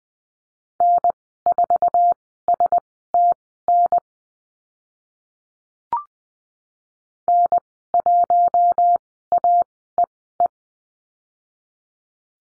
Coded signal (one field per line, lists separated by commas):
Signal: Morse code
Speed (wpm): 20 wpm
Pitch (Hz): 700 Hz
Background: none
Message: N4STN N1AEE